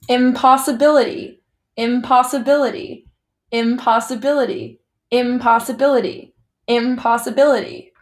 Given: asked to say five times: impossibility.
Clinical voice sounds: repeated word; female; 20 to 29 years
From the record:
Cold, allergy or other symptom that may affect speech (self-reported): no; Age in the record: 20 years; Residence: United States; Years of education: 14

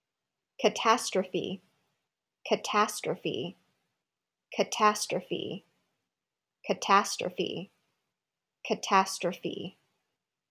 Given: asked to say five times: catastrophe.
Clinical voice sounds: repeated word; female; 40 to 49 years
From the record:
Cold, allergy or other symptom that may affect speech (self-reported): no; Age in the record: 45 years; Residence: California, United States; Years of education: 13

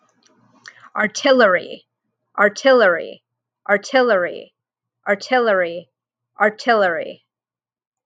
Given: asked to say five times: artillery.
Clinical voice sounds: repeated word; female; 40 to 49 years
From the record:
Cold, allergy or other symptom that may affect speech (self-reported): no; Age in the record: 46 years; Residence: California, United States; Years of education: 16

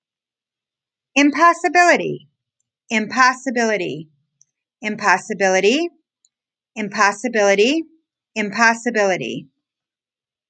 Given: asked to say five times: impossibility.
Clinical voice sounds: repeated word; female; 30 to 39 years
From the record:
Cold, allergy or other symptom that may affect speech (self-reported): no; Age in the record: 37 years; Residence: Florida, United States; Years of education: 19

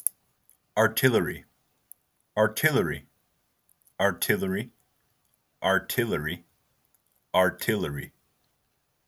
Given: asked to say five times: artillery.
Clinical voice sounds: repeated word; male; 20 to 29 years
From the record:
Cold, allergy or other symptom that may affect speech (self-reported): no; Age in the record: 23 years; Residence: California, United States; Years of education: 13

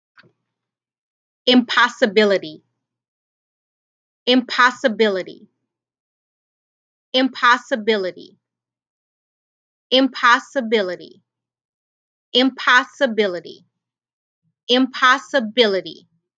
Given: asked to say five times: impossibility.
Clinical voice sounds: repeated word; female; 30 to 39 years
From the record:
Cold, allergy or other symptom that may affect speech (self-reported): no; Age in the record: 37 years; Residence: Louisiana, United States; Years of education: 16

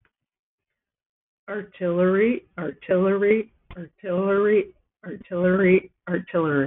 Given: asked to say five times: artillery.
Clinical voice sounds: repeated word; female; 50 to 59 years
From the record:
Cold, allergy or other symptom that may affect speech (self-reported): no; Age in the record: 57 years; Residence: Nevada, United States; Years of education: 16

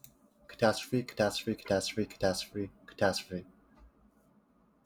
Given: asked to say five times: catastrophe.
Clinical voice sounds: repeated word; male; 20 to 29 years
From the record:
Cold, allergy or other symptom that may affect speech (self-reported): no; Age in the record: 20 years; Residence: Michigan, United States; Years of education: 12

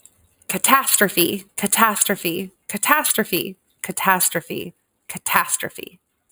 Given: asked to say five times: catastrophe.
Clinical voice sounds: repeated word; female; 30 to 39 years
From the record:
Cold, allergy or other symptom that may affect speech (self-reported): no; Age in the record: 35 years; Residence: California, United States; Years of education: 14

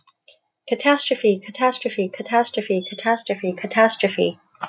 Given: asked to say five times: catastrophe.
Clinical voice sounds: repeated word; female; 40 to 49 years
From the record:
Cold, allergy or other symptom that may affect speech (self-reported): no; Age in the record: 44 years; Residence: Hong Kong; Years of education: 30

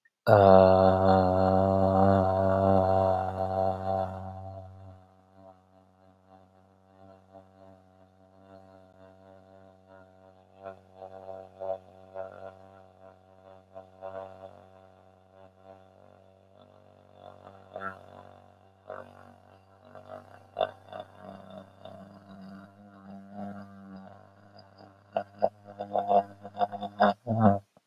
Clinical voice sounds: vowel held as long as possible; male; 30 to 39 years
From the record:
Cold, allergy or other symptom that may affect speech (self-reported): no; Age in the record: 33 years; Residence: California, United States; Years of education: 19

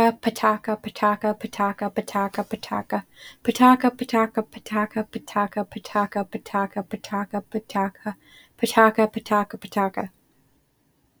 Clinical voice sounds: repeated syllables /pa ta ka/; female; 18 to 19 years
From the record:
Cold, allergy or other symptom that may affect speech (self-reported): no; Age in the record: 19 years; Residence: Iowa, United States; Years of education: 14

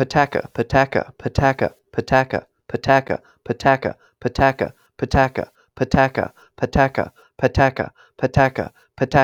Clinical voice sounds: repeated syllables /pa ta ka/; male; 30 to 39 years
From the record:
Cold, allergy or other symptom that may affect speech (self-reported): no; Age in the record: 35 years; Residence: Ohio, United States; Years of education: 13

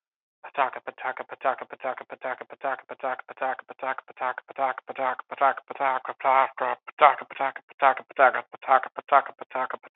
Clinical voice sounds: repeated syllables /pa ta ka/; male; 30 to 39 years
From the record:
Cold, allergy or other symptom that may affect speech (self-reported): no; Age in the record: 31 years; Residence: Massachusetts, United States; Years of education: 14

